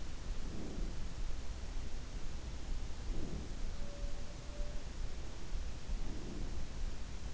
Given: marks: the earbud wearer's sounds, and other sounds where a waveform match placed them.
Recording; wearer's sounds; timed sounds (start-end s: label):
sounds in sleep by an in-ear microphone; breath
0.33-1.03 s: breath
2.89-3.65 s: breath
5.81-6.69 s: breath